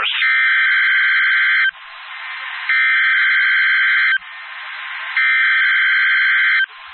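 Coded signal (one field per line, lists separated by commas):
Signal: Emergency Alert System (SAME) tones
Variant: header bursts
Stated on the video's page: Required Weekly Test from NOAA Weather Radio station KEC78.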